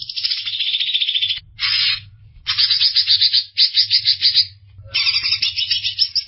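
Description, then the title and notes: Greater green leafbird song: rapid, buzzy, chattering phrases of varied length broken by short pauses, with a faint low hum underneath. Described as a champion (juara) songbird. "Kicau Burung Cucak Ijo Juara. Suara kicauan burung cucak ijo"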